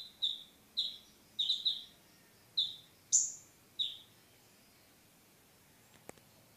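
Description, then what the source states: Sunbird giving a series of sharp piercing notes, mostly at one pitch with one higher note, then silence broken by a single click. Mountain sunbird, champion songbird.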